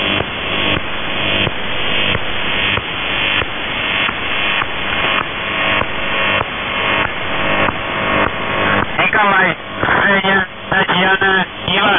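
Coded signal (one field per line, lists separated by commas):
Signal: channel marker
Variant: UVB-76 (The Buzzer)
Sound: rasping buzzes repeating about once a second, then a short spoken voice message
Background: radio static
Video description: "The Buzzer" is a Russian military radiostation that broadcasts on 4625 kHz.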